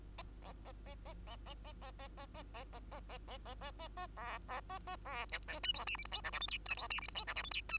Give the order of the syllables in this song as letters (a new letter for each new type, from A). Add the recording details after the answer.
A A A A A A A A A A A A A A A A A A A A A B B A A B C D E F G H I J K L M N E F G H I J K L M N E. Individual Bird2